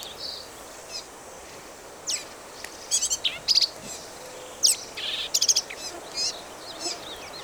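Black-capped vireo delivering harsh, high chattering phrases and rapid stuttered note groups, spaced irregularly over faint background hiss.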